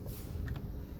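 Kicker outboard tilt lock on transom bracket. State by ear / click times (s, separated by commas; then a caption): not seated / none. The gray lever on the transom bracket of a 22-foot Hewescraft is flipped up and the small kicker outboard is being pulled up toward its raised position, where the tilt lock catches. Over a low background rumble, faint taps come at about 0.5 s and 0.6 s, then a loud sharp hit right at 1.0 s. Nothing has seated or clicked yet; the tilt lock has not latched.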